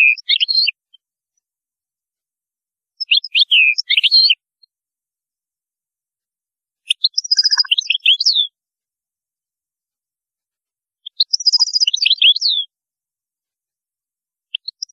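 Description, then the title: European goldfinch song: bright, high twittering phrases of tinkling notes with a few buzzy trills, in short bursts coming roughly every four seconds. "Chant Chardonneret"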